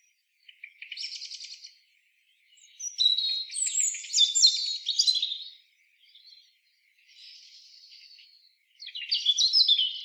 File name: Erithacus rubecula